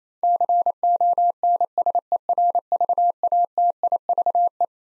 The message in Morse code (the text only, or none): CONSERVATIVE